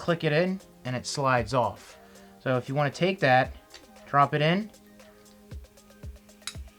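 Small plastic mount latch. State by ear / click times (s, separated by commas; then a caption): seated / 6.5 s. A round quick-release mount disc is dropped into the mount frame of a DJI Osmo Action camera and pushed until it locks. Someone talks, then after a few faint taps a sharp click at 6.5 s tells that the disc is locked in.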